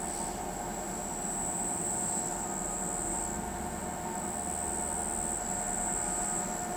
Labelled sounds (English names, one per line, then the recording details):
none
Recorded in pastures near Pivijay, Magdalena, Colombia, on 17 April 2023 at 01:30
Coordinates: 10.456, -74.369
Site P6-G026